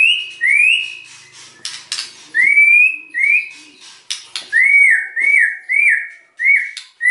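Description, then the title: White-rumped shama song: clear bright whistled notes, some upslurred, repeated at intervals, with sharp clicks between them. Lure recording (pancingan) of a strongly singing (gacor) bird, meant to provoke a quick response from other birds. "PANCINGAN MURAI BATU GACORSEKALI DENGAR AMPUH LANGSUNG RESPON"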